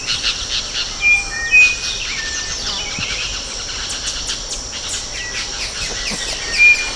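Small bird calls: brief level whistles and clusters of high chirps repeated throughout, set against a continuous shrill insect chorus.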